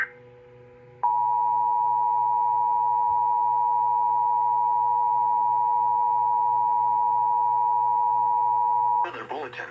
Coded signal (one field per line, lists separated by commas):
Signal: Emergency Alert System (SAME) tones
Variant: 853 and 960 Hz attention tone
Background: speech